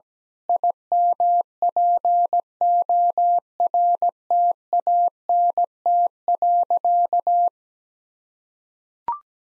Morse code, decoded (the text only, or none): IMPORTANT.